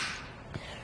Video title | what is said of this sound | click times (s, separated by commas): etrailer - Is the RockyMounts MonoRail Bike Rack for 2 Bikes Compatible with the 2020 Ford Edge? | just like that you're going to hear the click and that's how you know it's secure | 0.5 s